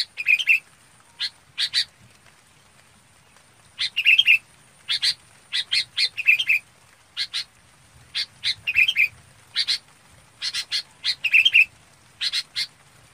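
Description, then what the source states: Red-whiskered bulbul with repeated groups of chips, each few seconds capped by a short trilled whistle. Calling to its flock.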